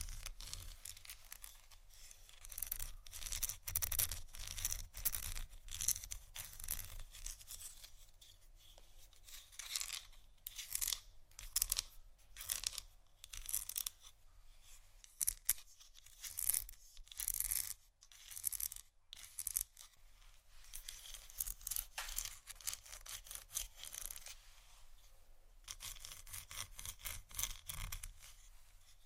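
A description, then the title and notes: Dry scratching runs the full length in quick, uneven bursts, with short pauses around ten, nineteen and twenty-five seconds. The strokes are bright and crisp like nails on a rough surface, over a faint low hum. ASMR Scratching Only For Sleep & Relaxation (No Talking).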